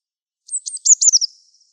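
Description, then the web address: Eurasian blue tit call: a single brief burst of high, thin notes that runs into a quick, falling trill. "cianscape. Deverinetal"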